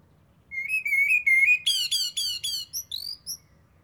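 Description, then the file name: Common blackbird song: a wavering fluted whistle leading into a run of repeated high scratchy notes that fade out in thin squeaks. "Turdus merula"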